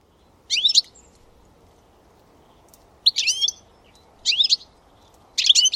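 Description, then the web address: Bird calling in four short bursts of high, sharp, twittering notes, spaced irregularly over a few seconds, with quiet background hiss between them. "Deverinetal 2025 File origin Bird Only"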